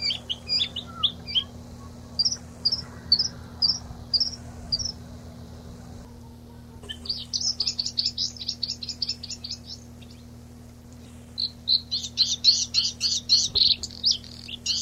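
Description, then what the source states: Bluethroat singing high repeated tinkling notes, a pause, then rapid buzzy and twittering phrases, with a steady low hum in the background. Recorded on 26 April 1992.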